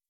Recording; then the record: hydrophone in a shrimp aquaculture tank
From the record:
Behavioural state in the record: weakened